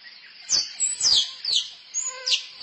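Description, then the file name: Squirrel chirping: a run of about six piercing squeaks, mostly sweeping downward, at uneven intervals, some with a faint lower tone beneath. Female squirrel calling for a mate. "tieng soc cai keu ban tinh"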